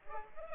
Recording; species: mosquito wingbeat signal from an infrared sensor; Culex pipiens